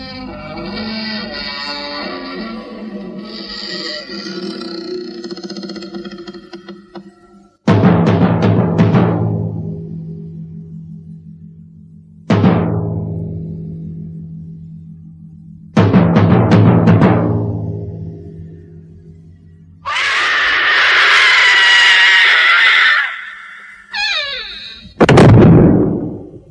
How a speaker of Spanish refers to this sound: Pues aquí tenemos la intro de Historias para no dormir.